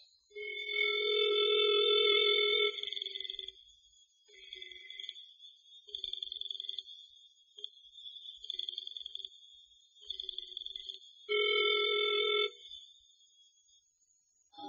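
An electronic telephone ring of an incoming call sounds in steady tonal bursts, a long loud ring followed by several shorter, softer repeats and another strong burst near the end, with no voices.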